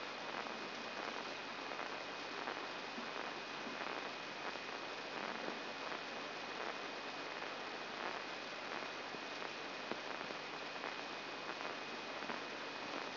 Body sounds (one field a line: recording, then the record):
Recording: brain microelectrode recording played as sound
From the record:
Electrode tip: inside the subthalamic nucleus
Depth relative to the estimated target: 1 mm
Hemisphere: right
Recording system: AlphaMap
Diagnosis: Parkinson's disease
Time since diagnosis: 11 years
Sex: female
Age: 62 years